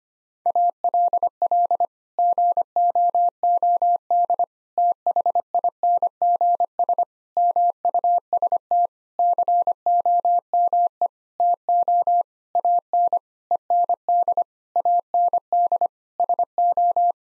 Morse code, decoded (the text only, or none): ALL GOOD THINGS MUST COME TO AN END AND SO